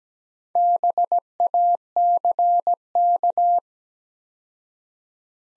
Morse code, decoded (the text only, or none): BACK